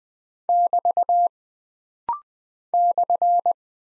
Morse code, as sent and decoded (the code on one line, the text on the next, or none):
-...- / -..-.
<BT> /